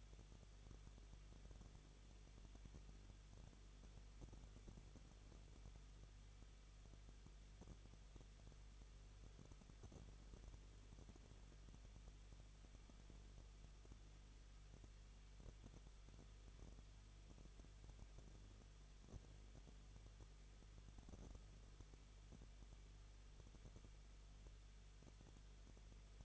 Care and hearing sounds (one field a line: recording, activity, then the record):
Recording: daily activity, microphone in the room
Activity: no activity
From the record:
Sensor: 4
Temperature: 23.0 degrees Celsius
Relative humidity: 34.2%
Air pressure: 1007.3 hPa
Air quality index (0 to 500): 213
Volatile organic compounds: 14 ppm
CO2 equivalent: 2455 ppm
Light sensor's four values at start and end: 2/3/1/1 and 2/3/1/1